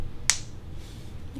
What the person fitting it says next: You can hear the snap.